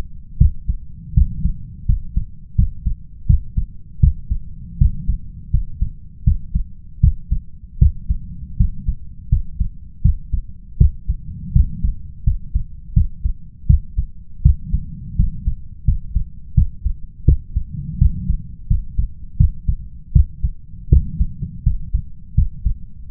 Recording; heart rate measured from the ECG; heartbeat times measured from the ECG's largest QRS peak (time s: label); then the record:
heart sounds by stethoscope; 82 bpm
0.37 s: heartbeat
1.13 s: heartbeat
1.85 s: heartbeat
2.55 s: heartbeat
3.26 s: heartbeat
3.99 s: heartbeat
4.77 s: heartbeat
5.50 s: heartbeat
6.23 s: heartbeat
7.00 s: heartbeat
7.78 s: heartbeat
8.56 s: heartbeat
9.28 s: heartbeat
10.01 s: heartbeat
10.77 s: heartbeat
11.52 s: heartbeat
12.23 s: heartbeat
12.93 s: heartbeat
13.66 s: heartbeat
14.42 s: heartbeat
15.15 s: heartbeat
15.84 s: heartbeat
16.54 s: heartbeat
17.24 s: heartbeat
17.98 s: heartbeat
18.67 s: heartbeat
19.36 s: heartbeat
20.12 s: heartbeat
20.88 s: heartbeat
21.63 s: heartbeat
22.34 s: heartbeat
23.08 s: heartbeat
From the record:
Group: healthy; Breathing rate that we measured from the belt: 18 breaths a minute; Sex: male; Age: 21 years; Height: 180 cm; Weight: 67.5 kg